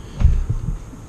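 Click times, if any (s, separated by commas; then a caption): none. A keyed, directional wiring harness plug is worked by hand toward the ignition switch connector on an ATV, making a few dull, low thumps and rubs around 0.2 to 0.3, 0.5 and 0.7 seconds over a quiet hum. The connector has not clicked or seated yet.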